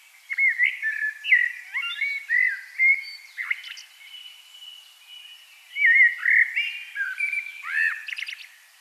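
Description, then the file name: Common blackbird song, an almost continuous run of fluty, slurred whistles with brief twittery additions and only short breaks. "Turdus merula"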